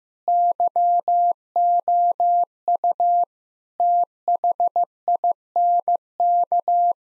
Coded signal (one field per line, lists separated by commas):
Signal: Morse code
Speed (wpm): 15 wpm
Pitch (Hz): 700 Hz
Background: none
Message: YOU THINK